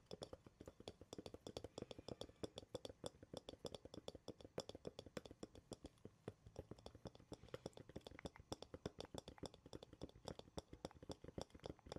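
Quick tapping on wood, cork and cardboard runs steadily through the whole twelve seconds, several sharp knocks each second with a crisp, clicky edge over a fuller low thud. The rhythm stays busy and fairly even, with no voice and little else between taps.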